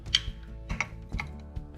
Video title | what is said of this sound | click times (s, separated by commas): How To Winterize Your Outboard - Winterization Checklist | You got to push it in a little bit, hear it snap, and then start squeezing. | 0.1 s